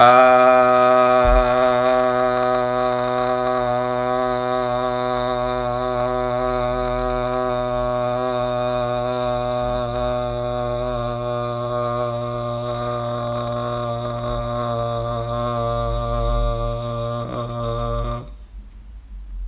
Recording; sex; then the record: sustained vowel /a/; male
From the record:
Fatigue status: no fatigue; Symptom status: symptomatic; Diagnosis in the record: COVID-19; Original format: m4a